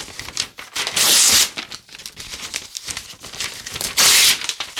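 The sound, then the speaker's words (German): A sheet of white paper is crumpled while tidying up, in a dense, crackly rustle lasting several seconds, with two louder, hissing bursts of crinkling and no voices. “Was ist das? Weißes Papier.”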